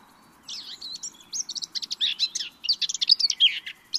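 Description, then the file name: Eurasian blackcap song: a fast, varied warble of high chirps and short whistled notes, starting after half a second and running on to the end without pause. "Sylvia atricapilla"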